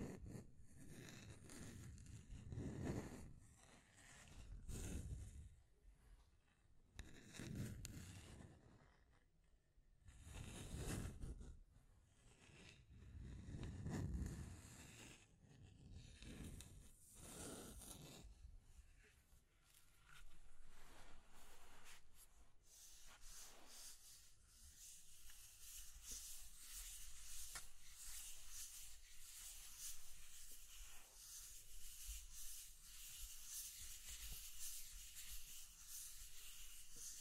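Scratching and tracing strokes, at first in slow, heavy sweeps that swell and fade roughly every two to three seconds with a deep rubbing body. After about eighteen seconds the sound turns lighter and hissier, a steady, bright scraping with quick small ticks.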